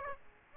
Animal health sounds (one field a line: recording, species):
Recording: mosquito wingbeat signal from an infrared sensor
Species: Aedes aegypti